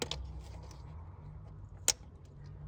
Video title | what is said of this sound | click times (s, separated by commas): Installation of new High Pressure Fuel Pump (HPFP) on a 2008 Mini Cooper S with random misfires. | You should hear it click. | 1.9 s